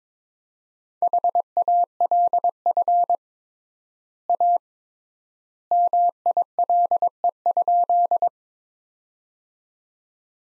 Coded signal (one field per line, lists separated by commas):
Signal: Morse code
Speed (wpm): 22 wpm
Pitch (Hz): 700 Hz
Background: none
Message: HALF A MILE?